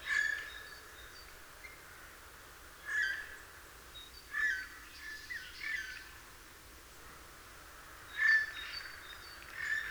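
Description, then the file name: Eurasian jay producing scattered rasping, screechy calls, single or paired, separated by quiet gaps of a second or more. "Garrulus glandarius"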